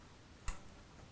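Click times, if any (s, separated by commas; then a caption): 0.5 s. The second oiled trumpet piston valve is rotated in its valve casing until its guide clicks into the casing slot. A single short, sharp click at 0.5 s stands out above a quiet, steady background. The valve guide is confirmed seated in place.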